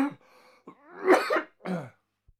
Human Sound Man Coughing.